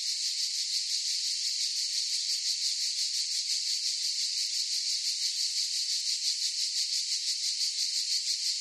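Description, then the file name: Cicadas in chorus, a dense continuous high buzzing with a fast steady pulsing throughout, no other sounds. Forest chorus of cicadas. "gain walkers CICADAS Forest Chorus"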